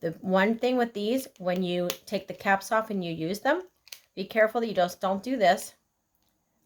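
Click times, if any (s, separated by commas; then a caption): none. A plastic cap is set loosely onto the tip of an alcohol marker barrel without being snapped closed. Someone talks, then after a pause there is only a faint tick. No snap is heard, so nothing has clicked yet and the cap is not closed.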